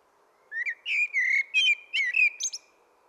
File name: Turdus merula